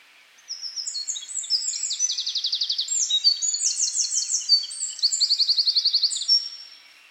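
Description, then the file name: Eurasian wren song, one sustained outpouring of shrill, fast trills and chattering notes lasting about six seconds. "Troglodytes troglodytes"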